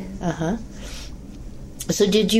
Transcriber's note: sniffs